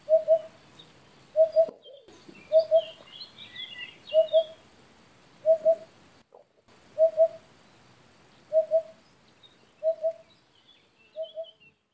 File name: Eurasian Hoopoe Sound